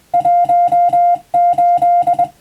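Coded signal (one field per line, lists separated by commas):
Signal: Morse code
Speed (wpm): 20 wpm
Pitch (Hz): 700 Hz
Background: music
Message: 18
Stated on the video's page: Morse receiving practice for the Japanese radio operator national exam, using a telegram practice book.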